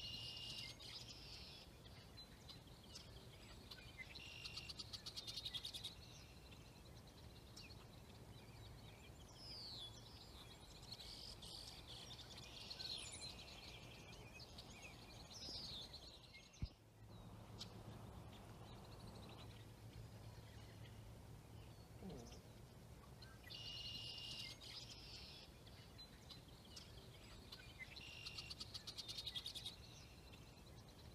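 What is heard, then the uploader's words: Birds sing near a lake as evening falls, bright chirps and trills clustering in bursts around 3–6 and 25–29 seconds with scattered calls between. A steady low hum runs underneath throughout, and a sharp click near 17 seconds briefly interrupts it. Birdsong, and the sun going down on nature, beside Lake Ontario, Canada.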